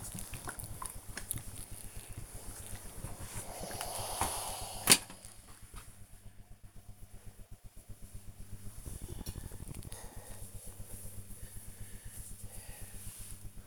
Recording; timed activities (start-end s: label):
household activities, microphone on the right wrist
0.00-13.67 s: ironing laundry